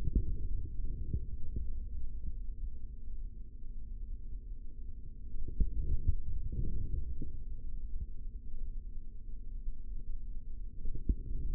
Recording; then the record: forearm muscle sounds (acoustic myography)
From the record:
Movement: forearm supination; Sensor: system 3, bracelet of six PUI Audio POM-2738L microphones around the upper forearm, with dedicated amplification and filtering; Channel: 4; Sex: male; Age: 25 years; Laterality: right